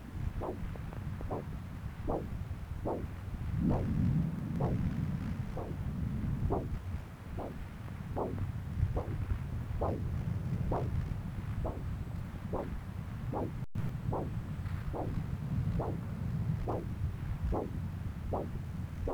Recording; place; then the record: Doppler ultrasound of blood flow; left subclavian vein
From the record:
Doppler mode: continuous wave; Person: adult scuba diver, at rest before a dive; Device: O'Dive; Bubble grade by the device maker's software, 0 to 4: 0